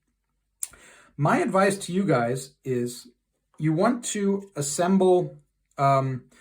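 A plastic snap-fit part of a tank model kit is pushed into its socket in the model tank hull, giving one sharp click at 0.6 s as it snaps fully home past the first partial click. Someone talks afterward. The part is fully seated.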